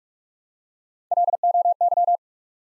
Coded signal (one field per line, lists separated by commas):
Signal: Morse code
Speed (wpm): 47 wpm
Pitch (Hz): 700 Hz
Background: none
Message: LOY